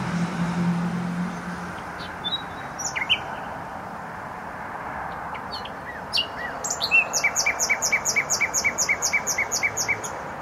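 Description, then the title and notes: Nightingale song: scattered clicks and short phrases, then a long rapid trill of repeated chirping notes, with constant traffic hum beneath. Singing in bushes close to a noisy motorway, Trasa Toruńska, Bródno-Podgrodzie, Warsaw, Poland; recorded with an Olympus LS-11. "Bródno-Podgrodzie, Warszawa, Polska - Trasa Toruńska Nightingale. Recording nightingale singing in bushes close to noisy motorway"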